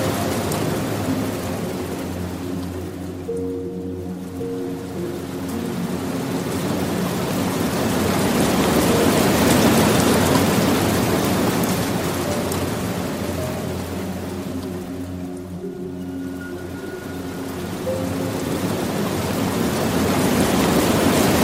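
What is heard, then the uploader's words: A soft water stream hisses and rushes steadily throughout, swelling louder around the middle and again toward the end. Low, sustained piano notes ring underneath, partly buried by the flowing water, with brief thinner moments near four and sixteen seconds. Relaxing Piano Music and the gentle flow of a Soft Water Stream.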